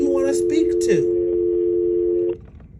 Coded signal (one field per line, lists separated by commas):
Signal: telephone call progress tone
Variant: North America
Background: speech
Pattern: dial tone